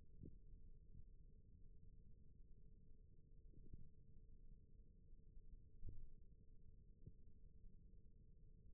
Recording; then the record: forearm muscle sounds (acoustic myography)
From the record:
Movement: rest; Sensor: system 1, eight BSWA MPA416 microphones around the upper forearm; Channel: 1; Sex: male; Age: 21 years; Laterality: right